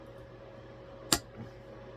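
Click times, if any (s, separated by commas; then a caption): 1.1 s. A plastic clip on a laptop tray bracket is pressed onto a monitor mount arm under a steady low hum. It snaps on with one sharp, bright click at 1.1 s, followed by a faint softer knock about 0.3 s later. The clip is confirmed seated on the arm.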